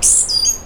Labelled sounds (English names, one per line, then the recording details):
Stitchbird song
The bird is a male
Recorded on Tiritiri Matangi Island, New Zealand, in 2005
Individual 12, of nest box 16